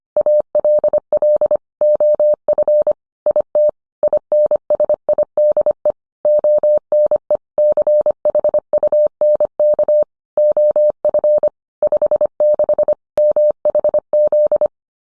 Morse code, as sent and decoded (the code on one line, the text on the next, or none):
.- .-.. .-.. / --- ..-. / .. - / .. -. ... .. -.. . / --- -. . / -.-. .... ..- -. -.- / --- ..-. / ..... -.... / -- .... --..
ALL OF IT INSIDE ONE CHUNK OF 56 MHZ